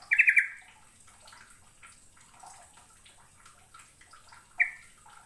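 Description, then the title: Bird chirping, a short fast trill at the start and a single sharp high note near the end, with faint twittering between. "Kicau Burung"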